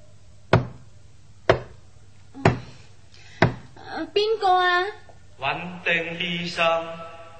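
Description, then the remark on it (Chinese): Four sharp, evenly spaced knocks on a door in the middle of the night, about one second apart, followed by muffled voices talking. “半夜三更拍门医难肉，难肉可以听日先嚟医噶嘛？”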